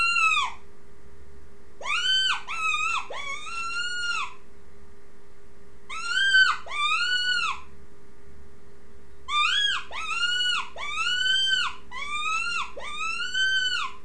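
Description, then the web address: Rabbit squealing cries, clustered bursts of several arched wails separated by pauses of one to two seconds, over a faint constant hum. "wild-game-downloads rabbits"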